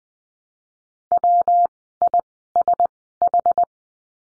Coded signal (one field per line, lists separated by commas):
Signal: Morse code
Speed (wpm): 20 wpm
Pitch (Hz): 700 Hz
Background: none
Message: WISH